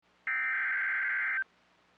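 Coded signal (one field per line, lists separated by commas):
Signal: Emergency Alert System (SAME) tones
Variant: header bursts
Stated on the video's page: NOAA Weather Radio alerts: Flash Flood Warning and Severe Thunderstorm Warning for the Washington, D.C. area.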